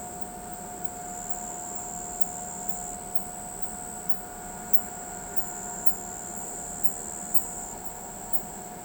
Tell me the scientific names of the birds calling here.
none